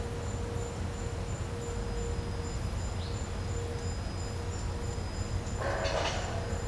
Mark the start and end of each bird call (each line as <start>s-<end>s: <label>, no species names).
5.79s-6.28s: bird call